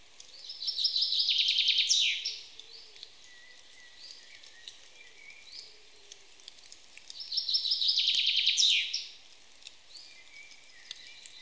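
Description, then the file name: Common chaffinch singing two complete strophes, each a brisk run of high notes closing with a quick terminal flourish, separated by roughly five seconds of quiet. "Fringilla coelebs"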